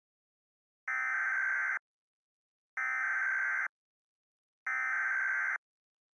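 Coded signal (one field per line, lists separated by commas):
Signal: Emergency Alert System (SAME) tones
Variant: header bursts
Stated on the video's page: Fictional personalized EAS made by the creator, inspired by a film; the EAS tones are stated to be valid.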